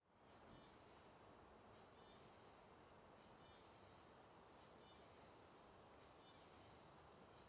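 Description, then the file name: Crickets give a steady high-pitched trill that goes on without a break, over a constant rushing wash of flowing water. Ambience at the start of the Simão Correa trail, alongside a river. "Ambiencia Inicio Trilha Simao Correa Beirando o Rio com Grilos e Cigarras"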